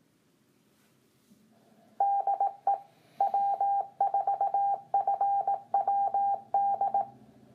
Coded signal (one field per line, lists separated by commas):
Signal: Morse code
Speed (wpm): 18 wpm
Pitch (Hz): 800 Hz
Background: none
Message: DE W4FWD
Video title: Carroll County ARES (Amateur Radio Emergency Service) Net - 4/20/2017